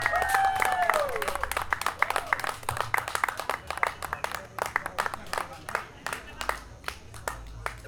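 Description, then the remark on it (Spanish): An audience applauds, many hands clapping in a dense, steady stream for the whole stretch, with a brief voiced whoop or call rising over the clapping at the very start. “El aplauso ayuda con mi buen trabajo.”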